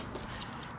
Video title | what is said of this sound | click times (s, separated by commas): Pod Holes Step Kit (2019-2024 Silverado & Sierra) | clicks into place two screws on the back | 0.5 s